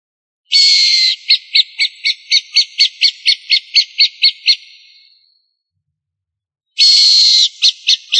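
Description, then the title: Bird song: a harsh buzzy opening note, then a steady series of many short, high, clipped notes, fading out; the phrase starts again after a pause. "LuckyPassaros CompletosSama"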